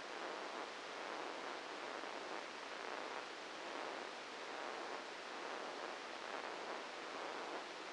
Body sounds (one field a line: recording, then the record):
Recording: brain microelectrode recording played as sound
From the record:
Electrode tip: inside the subthalamic nucleus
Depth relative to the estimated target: 0 mm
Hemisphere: left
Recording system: NeuroSet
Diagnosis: Parkinson's disease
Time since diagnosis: 8 years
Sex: male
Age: 59 years